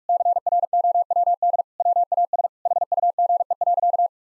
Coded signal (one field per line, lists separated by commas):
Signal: Morse code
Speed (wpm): 46 wpm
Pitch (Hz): 700 Hz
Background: none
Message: CROWD WAS HUGE.